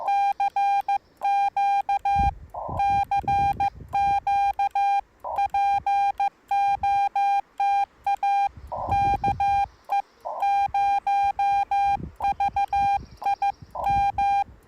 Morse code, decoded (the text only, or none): CQ CQ POTA KE0VIM